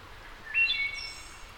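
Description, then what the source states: Wood thrush song: a short phrase of pure, flute-like whistled notes, then a high, thin trill, over steady background hiss. Returning wood thrush.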